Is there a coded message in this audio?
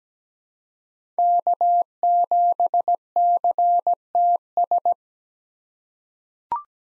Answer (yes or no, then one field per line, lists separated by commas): yes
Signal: Morse code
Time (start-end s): 1.2-4.9 s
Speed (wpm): 17 wpm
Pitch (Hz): 700 Hz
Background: none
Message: K7CTS